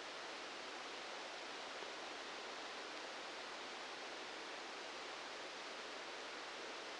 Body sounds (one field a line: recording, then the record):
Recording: brain microelectrode recording played as sound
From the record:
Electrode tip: outside the subthalamic nucleus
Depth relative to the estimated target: -8 mm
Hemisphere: left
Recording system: NeuroSet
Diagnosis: Parkinson's disease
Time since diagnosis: 19 years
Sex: female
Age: 69 years